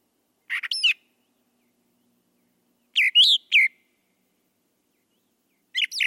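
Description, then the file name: Brown thrasher song: clusters of two or three sharp notes given every two to three seconds. "suara kicauan brown thrasher. omkicau"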